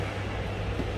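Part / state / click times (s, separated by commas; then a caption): motorcycle seat latching into the frame / not seated / none. The rider seat of a Kawasaki Ninja ZX-25R ABS SE is being pressed down onto the motorcycle frame so that its latch engages and locks it. Only a steady, low-heavy background rumble with broadband noise is heard, with no distinct click. Nothing has seated or clicked yet.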